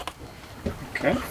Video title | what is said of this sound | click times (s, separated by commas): Sunny RV Walkthrough 2013 Forest River Solera | and it just clicks right into a knob here on the trim okay | 0.1 s